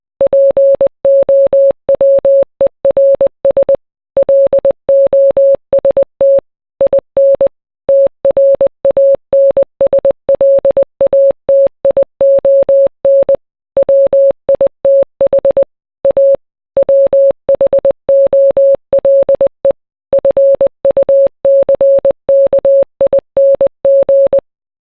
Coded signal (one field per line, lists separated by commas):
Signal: Morse code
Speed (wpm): 20 wpm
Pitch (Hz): 550 Hz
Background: none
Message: POWERS LOST IN TRANSLATION WITH A WHOLE FUCKING